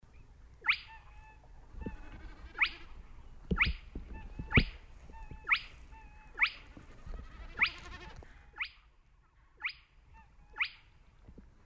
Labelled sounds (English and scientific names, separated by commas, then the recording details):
Spotted Crake (Porzana porzana)
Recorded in the wild
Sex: male
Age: adult
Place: Schwedt/Oder, Nationalpark Unteres Odertal, Brandenburg, DE
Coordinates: 53.1386, 14.3655
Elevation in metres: 1
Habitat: wetland
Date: 2015-04-22 21:37
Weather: clear, 6°C, almost windless
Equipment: Sound Devices 702, Sennheiser MKH 70, Rycote Windschutz
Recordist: Frommolt, Karl-Heinz